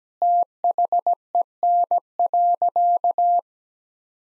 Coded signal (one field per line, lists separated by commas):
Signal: Morse code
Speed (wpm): 17 wpm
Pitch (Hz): 700 Hz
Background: none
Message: THEN.